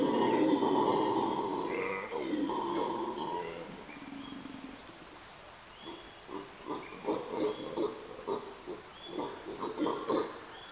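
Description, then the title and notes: Howler monkeys roaring in a deep, rasping chorus for about four seconds, then quieter and broken into short pulsed grunts repeated several times a second. Howler monkeys at Quebrada Valencia in the Sierra Nevada de Santa Marta foothills, 10 am, greeting visitors at unusually close range, which seemed strange to locals. "MONOS AULLADORES DE LA SIERRA NEVADA. son las 10 am en el sector de Quebrada Valencia y los monos aulladores nos dan la bienvenida de forma muy cercana"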